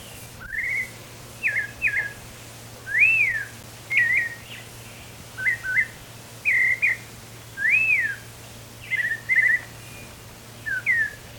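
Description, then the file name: White-chinned thrush singing steadily, a continuous series of short clear whistled phrases, some rising and falling, roughly one each second, with a quiet steady hum beneath. "White-chinned-Thrush-song Robert-L -Sutton"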